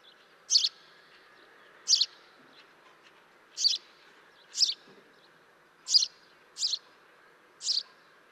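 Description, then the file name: House sparrow chirping: seven short, bright chirps spaced about one to two seconds apart over a steady background hum. "Passer domesticus"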